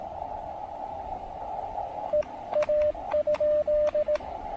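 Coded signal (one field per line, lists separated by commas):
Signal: Morse code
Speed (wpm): 17 wpm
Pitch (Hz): 590 Hz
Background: radio noise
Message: EA?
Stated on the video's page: QRP Parks on the Air activation with DX contacts, CW on 20, 30 and 17 metres using a random wire antenna.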